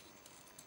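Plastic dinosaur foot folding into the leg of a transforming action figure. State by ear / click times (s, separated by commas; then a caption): not seated / none. A plastic dinosaur foot on a transforming action figure is folded in on its double hinge toward the leg. Two faint, brief ticks at about 0.3 and 0.6 seconds stand out over a steady low hiss. The foot does not lock in, unlike the other foot, which locks in well, so nothing has seated or clicked yet.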